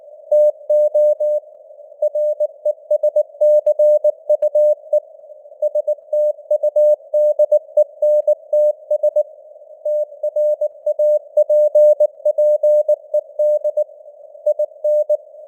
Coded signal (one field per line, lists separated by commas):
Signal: Morse code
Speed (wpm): 19 wpm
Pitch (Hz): 600 Hz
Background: none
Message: TO RESCUE STUDENTS TRAPPED IN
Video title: Morse Code News | 2025-10-02 | 19wpm